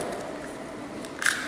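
A pistol slide is started from inside the polymer frame of a Sarsilmaz CM9 Gen2 pistol onto the frame rails and brought back until it seats. A low steady sliding scrape runs through the clip, and a loud sharp click lands at 1.3 s as the slide seats in place.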